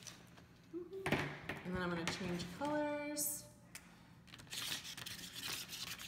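A plastic cap is pushed back onto a marker after drawing and pressed until it clicks home at 1.1 s, fully seated. Someone talks, and a few other light clicks and rustles follow.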